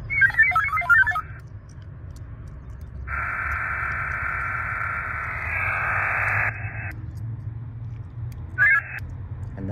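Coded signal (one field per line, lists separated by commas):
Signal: HF data modem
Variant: VARA HF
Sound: quick chirpy stepping tones, then a long steady hiss-like data roar, then a brief burst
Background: low hum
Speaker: that should pop up in the inbox real soon and there it is okay There It Is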